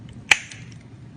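A plastic sound-unit part with damping foam stuck on its base is pressed into its slot under a ridge in a 1/35 RC crawler chassis. A single sharp, bright snap is heard at 0.3 s over a low, quiet background. The part snaps into place and holds firmly.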